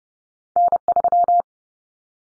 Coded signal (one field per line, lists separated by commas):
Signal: Morse code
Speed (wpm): 30 wpm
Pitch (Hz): 700 Hz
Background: none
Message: N3